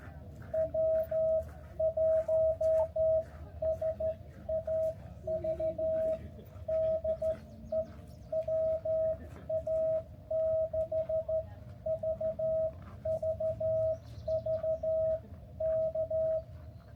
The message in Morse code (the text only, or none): W1SAV DE WA6VVV K